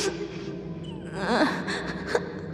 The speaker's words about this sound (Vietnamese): Tiếng khóc ngày một gần hơn, và rồi từ trong màn sương, một bóng người nhỏ thó từ từ hiện ra. Đó là một thằng bé, coi bộ chừng 7-8 tuổi gì đó.